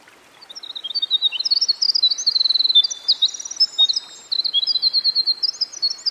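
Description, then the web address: Winter wren giving a long, energetic song of high tinkling notes and rapid trills, with a short pause near four seconds before the torrent resumes. Winter wren singing by a stream. "Dan Gibson Songbirds By The Stream. Winter Wren"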